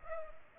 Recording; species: mosquito wingbeat signal from an infrared sensor; Culex pipiens